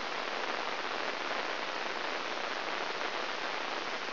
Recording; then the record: brain microelectrode recording played as sound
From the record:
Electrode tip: inside the subthalamic nucleus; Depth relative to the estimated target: -4 mm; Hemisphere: right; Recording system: AlphaMap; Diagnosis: Parkinson's disease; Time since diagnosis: 12 years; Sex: female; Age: 56 years